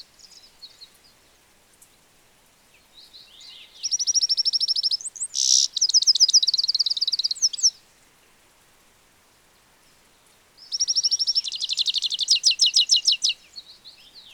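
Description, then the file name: European goldfinch giving two bursts of bright, rapid twittering with liquid repeated notes, with faint chirps before. "Carduelis carduelis"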